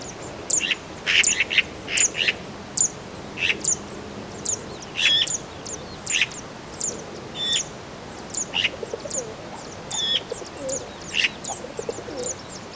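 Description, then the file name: Eurasian magpie giving a series of short, harsh, high calls, spaced irregularly through the recording. "Pica pica"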